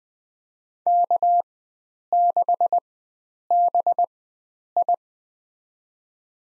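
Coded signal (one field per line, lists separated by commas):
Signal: Morse code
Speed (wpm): 20 wpm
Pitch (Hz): 700 Hz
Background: none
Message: K6BI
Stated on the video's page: Farnsworth-timed head-copy drill of US four-character call signs at 20 wpm, with 4x character spacing.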